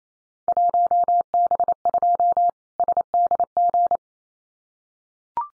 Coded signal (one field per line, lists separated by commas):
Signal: Morse code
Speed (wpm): 28 wpm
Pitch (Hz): 700 Hz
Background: none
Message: 1B2 SDG